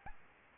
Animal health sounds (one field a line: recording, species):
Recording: mosquito wingbeat signal from an infrared sensor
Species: Aedes albopictus